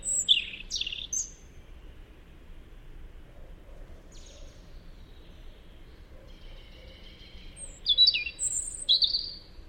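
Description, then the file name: European robin singing in separated phrases of high, thin, tinkling notes, with a long quiet gap in the middle before a few brighter, varied phrases near the end. "Zaryanka Erithacus rubecula"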